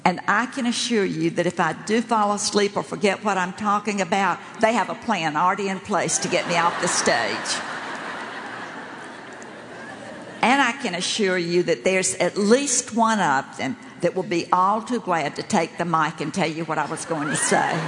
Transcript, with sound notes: I can assure you that if I do fall asleep or forget what I’m talking about, they have a plan already in place to get me off the stage! (laughter) I can assure you that there’s at least one of them that will be all too glad to take the mic and tell you what I was going to say.